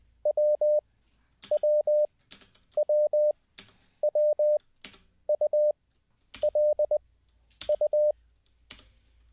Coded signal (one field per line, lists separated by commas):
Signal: Morse code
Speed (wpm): 20 wpm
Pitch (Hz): 600 Hz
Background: none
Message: WWWWULU